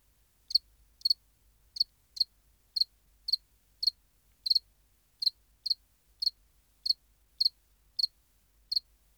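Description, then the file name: House cricket chirps, short high pulsed bursts repeated at short intervals over a quiet background. "Acheta domesticus"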